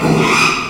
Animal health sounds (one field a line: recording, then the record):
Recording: squeal of a Yucatan mini pig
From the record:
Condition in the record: after surgery on the right vocal fold (resection and tissue-engineered implant)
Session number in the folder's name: 1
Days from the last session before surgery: 6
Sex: male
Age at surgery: 12 weeks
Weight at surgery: 13 kg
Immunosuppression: cyclosporine, prednisolone